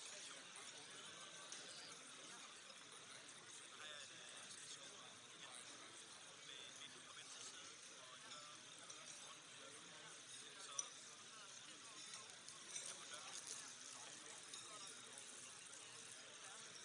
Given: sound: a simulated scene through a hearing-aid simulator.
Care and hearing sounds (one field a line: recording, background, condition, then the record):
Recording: conversation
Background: cafeteria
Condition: -6 dB SNR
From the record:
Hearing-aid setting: anchor resembling a broken hearing aid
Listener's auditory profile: C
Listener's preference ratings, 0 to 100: 0, 0, 1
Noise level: 65 dB SPL